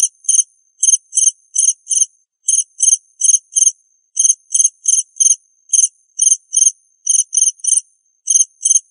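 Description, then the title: Cricket chirping in short, high, pulsed chirps delivered in quick pairs and trios with brief gaps, steady throughout and with no other sounds. "suara Hujan Guntur Suara Jangkrik Dan Burung"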